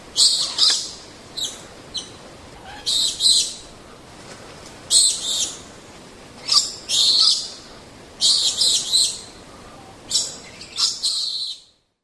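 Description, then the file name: Lorikeet screeching: short bouts of shrill, raspy, high-pitched squawks, singly and in groups, with brief quiet gaps between. "Лори -Лорикет -Попугай -Голоса-птиц"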